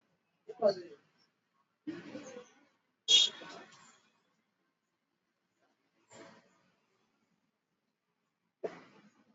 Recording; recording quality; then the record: shallow breathing; moderate, slight background noise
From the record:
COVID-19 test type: RT-PCR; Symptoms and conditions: cough, cold, fever, muscle pain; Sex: male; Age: 32 years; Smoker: yes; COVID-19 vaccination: both doses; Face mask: worn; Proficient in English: yes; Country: India